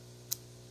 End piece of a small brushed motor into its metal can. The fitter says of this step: that's what our motor looks like except that piece right there snapped into place